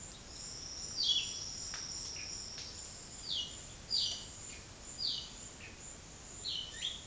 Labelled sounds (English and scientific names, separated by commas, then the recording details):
Epaulet Oriole (Icterus cayanensis), Silvered Antbird (Sclateria naevia)
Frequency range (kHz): Epaulet Oriole (Icterus cayanensis) 1.3-5.7 kHz; Silvered Antbird (Sclateria naevia) 4.7-6.2 kHz
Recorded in secondary vegetation near Puerto Asís, Putumayo, Colombia, on 21 February 2024 at 09:30
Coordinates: 0.472, -76.331
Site G6371